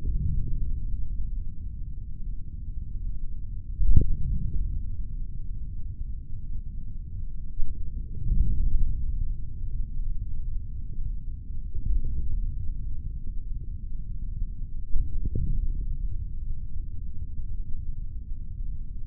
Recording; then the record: forearm muscle sounds (acoustic myography)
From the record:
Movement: forearm supination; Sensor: system 3, bracelet of six PUI Audio POM-2738L microphones around the upper forearm, with dedicated amplification and filtering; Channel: 1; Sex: male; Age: 25 years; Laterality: right